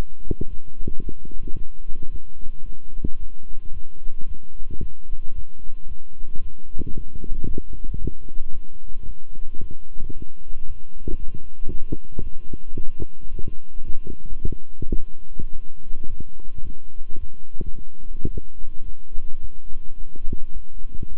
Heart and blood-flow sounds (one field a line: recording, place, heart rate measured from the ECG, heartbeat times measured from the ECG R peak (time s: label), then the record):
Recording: heart sounds by stethoscope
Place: between the tricuspid and mitral areas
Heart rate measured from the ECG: 111 bpm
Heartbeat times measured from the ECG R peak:
0.48 s: heartbeat
1.02 s: heartbeat
1.56 s: heartbeat
2.10 s: heartbeat
2.64 s: heartbeat
3.18 s: heartbeat
3.72 s: heartbeat
4.26 s: heartbeat
4.80 s: heartbeat
5.34 s: heartbeat
5.87 s: heartbeat
6.40 s: heartbeat
6.93 s: heartbeat
7.45 s: heartbeat
7.97 s: heartbeat
8.50 s: heartbeat
9.05 s: heartbeat
9.59 s: heartbeat
10.13 s: heartbeat
10.65 s: heartbeat
11.18 s: heartbeat
11.69 s: heartbeat
12.21 s: heartbeat
12.74 s: heartbeat
13.29 s: heartbeat
13.84 s: heartbeat
14.40 s: heartbeat
14.95 s: heartbeat
15.51 s: heartbeat
16.07 s: heartbeat
16.63 s: heartbeat
17.18 s: heartbeat
17.74 s: heartbeat
18.29 s: heartbeat
18.84 s: heartbeat
19.39 s: heartbeat
19.96 s: heartbeat
20.52 s: heartbeat
21.08 s: heartbeat
From the record:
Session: walking at 3.7 km/h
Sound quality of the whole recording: good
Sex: male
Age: 26 years